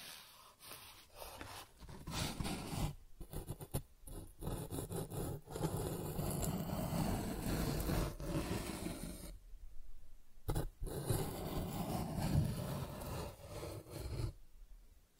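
Cardboard being scratched and rubbed in long, rough strokes that run almost continuously, with brief gaps near 3, 4, 9–10 and after 14 seconds. The grainy noise is fullest in the low and middle range, with sharp scraping bursts and a few snapping catches along the way.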